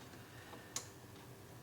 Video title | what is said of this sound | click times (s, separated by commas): The FREE Breville "Slayer" Mod That Anyone Can Do | Nice little click. | 0.8 s